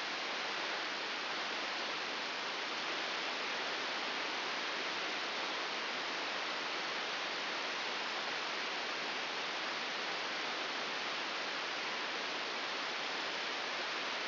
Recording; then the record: brain microelectrode recording played as sound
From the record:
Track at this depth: inside the subthalamic nucleus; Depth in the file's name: 4.208 mm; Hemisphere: right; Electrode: 3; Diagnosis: Parkinson's disease